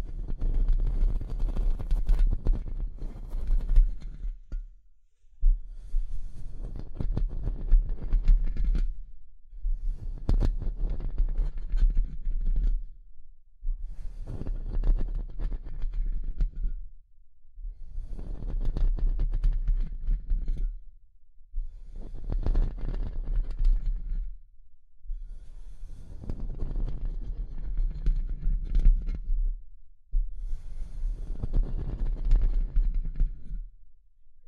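Tapping and scratching come in repeated bursts of about three to four seconds, separated by brief pauses roughly every four to five seconds. Each burst is a dense, rough scraping with a low, thumping base and quick tapping clicks scattered throughout.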